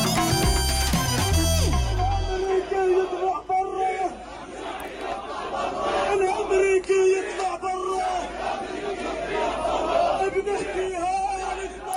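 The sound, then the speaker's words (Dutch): A short musical sting gives way to a large crowd of protesters in Arab countries shouting and chanting in the street after an attack on a hospital in Gaza, a dense, continuous roar of many voices with rising cries and no single clear speaker. “in veel Arabische landen gaan mensen de straat op”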